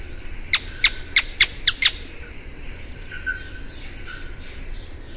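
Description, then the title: Canebrake Groundcreeper giving a single quick series of six loud, harsh notes, followed by quieter background. "LuckyPassaro Completos2Sama. Canebrake Groundcreeper (Clibanornis dendrocolaptoides)"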